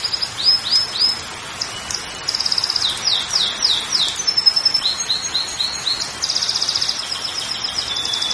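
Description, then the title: Canary song: high trills and rapid repeated chirps, with a string of upward-swept notes and fast buzzy rolls, over steady background hiss. Belgian canary song used to warm up (stimulate) a canary to sing. "Canto Para Esquentar Canário Belga"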